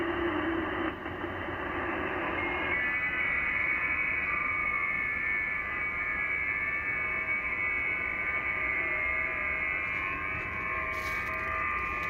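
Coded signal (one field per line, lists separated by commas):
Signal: FT8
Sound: several faint overlapping warbling tones under steady receiver hiss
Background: radio static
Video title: VP6D, Ducie Is. Pacific Ocean, 14MHz, FT8, Worked by HL2WA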